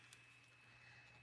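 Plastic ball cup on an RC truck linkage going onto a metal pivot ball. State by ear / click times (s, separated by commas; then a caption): not seated / none. A plastic ball cup (rod end) on an RC truck linkage is handled and brought toward its metal pivot ball while the linkages are built after measuring turnbuckle length. A brief sharp tick at 0.1 s rises over a steady low hum and a faint high whine. The cup has not snapped or seated onto the ball yet.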